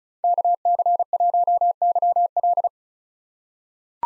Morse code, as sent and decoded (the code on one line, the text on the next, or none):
-.- -.-. .---- -.-- .-..
KC1YL